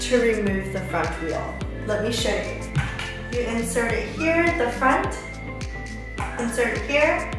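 A front wheel is handled at its socket on the front of a Petique Newport pet stroller frame while someone talks over background music. Nothing has seated or clicked yet.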